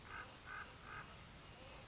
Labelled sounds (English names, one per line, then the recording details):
American Crow
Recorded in Sonoma County, California